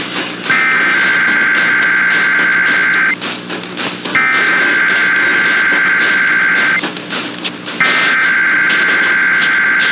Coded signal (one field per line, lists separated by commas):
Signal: Emergency Alert System (SAME) tones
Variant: header bursts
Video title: Late April Monthly and Weekly Chaos (EAS #10815-10824) 4/26/23